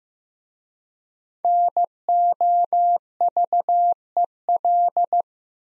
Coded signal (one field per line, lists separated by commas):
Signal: Morse code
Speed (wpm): 15 wpm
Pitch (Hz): 700 Hz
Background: none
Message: NOVEL